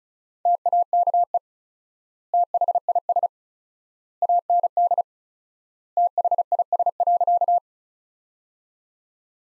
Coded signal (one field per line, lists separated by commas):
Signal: Morse code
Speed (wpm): 34 wpm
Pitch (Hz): 700 Hz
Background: none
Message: TAKE THIS AND THIS.